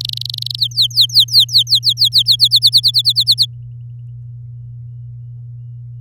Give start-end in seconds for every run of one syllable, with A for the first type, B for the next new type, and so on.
0.00-0.60 A, 0.60-2.36 B, 2.39-3.46 C